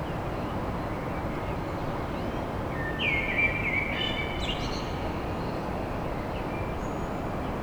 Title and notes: Enregistrement d'un chant de merle à l'aube dans Paris